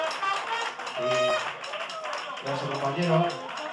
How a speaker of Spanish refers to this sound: Le podemos dar un aplauso